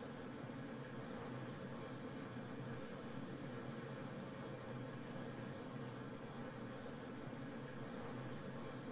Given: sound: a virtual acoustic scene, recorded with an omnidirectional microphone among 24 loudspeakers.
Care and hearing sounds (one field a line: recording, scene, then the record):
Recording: noise of the scene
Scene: olnoise from 90 degrees (S0N90)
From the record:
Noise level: 65 dB SPL